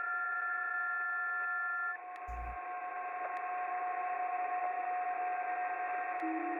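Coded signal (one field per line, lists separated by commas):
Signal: PSK31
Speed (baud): 31.25 baud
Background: radio noise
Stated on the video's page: Shortwave radio signals heard through an SDR.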